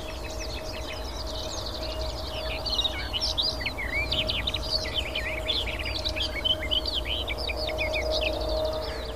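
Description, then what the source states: Barred Warbler song: fast, melodious stream of scratchy chatter and high whistled notes, continuous throughout, over a low steady hum and background rumble. Wild bird singing a splashing, varied, hectically delivered, melodious song that sometimes tumbles and is full of imitations; directly in front of the observer, about 20 paces away, and visible.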